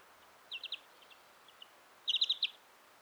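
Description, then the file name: European greenfinch calls, two short bursts of rapid trilled notes, the second longer and louder, with a few faint single notes between over quiet hiss. "Chloris chloris"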